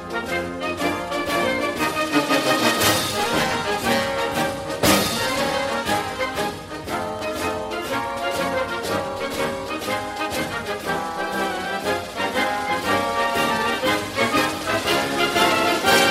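Warm instrumental music plays steadily with sustained, layered tones and a busy, fairly dense texture. Notes shift in frequent runs, with a bright sweep near the start and a sharp swell around the fifth second, and the level otherwise stays even throughout.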